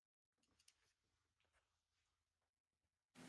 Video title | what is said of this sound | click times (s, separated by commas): Heat shield install guide - Trionic 8 | and you should hear a little click sound and then you know you are back in position | 0.7 s